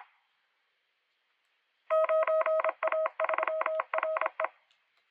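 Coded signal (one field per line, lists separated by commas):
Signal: Morse code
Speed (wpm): 25 wpm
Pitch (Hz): 640 Hz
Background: none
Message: 9A3RE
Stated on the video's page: RufzXP callsign copy practice at 25-31 WPM in preparation for CQ WW CW contest.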